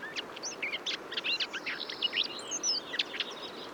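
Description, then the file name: Eurasian blackcap warbling song, a fast jumble of varied high chirps and short rising and falling notes running continuously, with a steady hiss of background noise. "Sylvia atricapilla"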